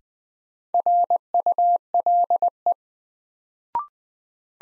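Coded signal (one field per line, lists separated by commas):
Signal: Morse code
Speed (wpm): 20 wpm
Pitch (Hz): 700 Hz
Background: none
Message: RULE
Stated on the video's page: Morse new-word head-copy drill at 20 wpm, words from the top 400 words, each sent, spoken, then sent again.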